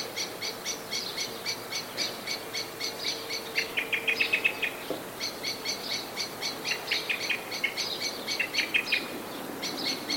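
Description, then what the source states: Blackbird scolding with rapid repeated chinks, a short chattered trill in the middle, and a faint low hum under the first half. Blackbird calling in a state of anxiety.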